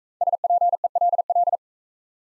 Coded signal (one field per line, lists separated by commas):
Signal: Morse code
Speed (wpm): 39 wpm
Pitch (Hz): 700 Hz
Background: none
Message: SPELL